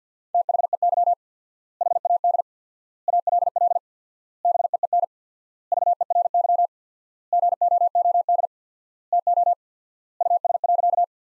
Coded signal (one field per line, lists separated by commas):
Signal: Morse code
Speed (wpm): 50 wpm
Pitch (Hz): 700 Hz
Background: none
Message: THEY HAD ALL BEEN VERY GOOD TO US.